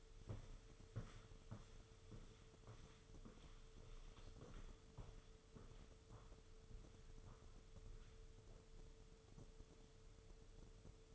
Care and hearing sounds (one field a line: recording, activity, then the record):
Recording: daily activity, microphone in the room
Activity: walk to room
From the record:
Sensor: 4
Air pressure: 995.3 hPa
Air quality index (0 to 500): 200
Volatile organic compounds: 155 ppm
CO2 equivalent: 4043 ppm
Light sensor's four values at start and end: 25/82/30/32 and 26/85/31/33